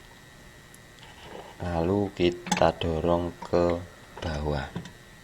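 Someone talks while refitting an H4 headlight bulb on a Hyundai Atoz / Kia Visto, handling the metal spring retaining clip that goes into the headlamp housing. A faint tick comes at about 0.7 s, but the clip has not clicked or seated yet.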